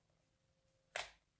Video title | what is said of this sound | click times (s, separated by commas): Concealed Carry Holster Review: Aliengear vs Tagua vs UrbanCarry vs SmartCarry .. Detailed review | in here you'll hear this click right here right | 1.0 s